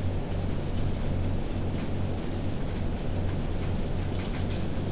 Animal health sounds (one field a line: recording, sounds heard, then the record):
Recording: poultry house recording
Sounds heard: no chicken sound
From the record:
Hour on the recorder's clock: 0